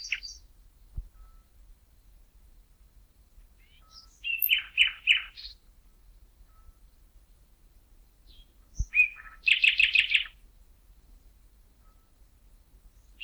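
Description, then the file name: Common nightingale song: two separate phrases several seconds apart, each a burst of rapid, pulsed repeated notes after a few introductory chirps, with silence between. "Luscinia megarhynchos"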